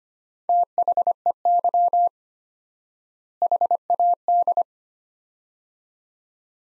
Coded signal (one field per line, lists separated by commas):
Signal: Morse code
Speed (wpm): 25 wpm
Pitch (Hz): 700 Hz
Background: none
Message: THEY HAD